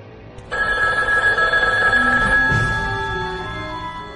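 An alarm clock goes off abruptly with a loud, shrill electronic ringing. The steady high-pitched tone holds for several seconds and fades slightly toward the end. No one speaks.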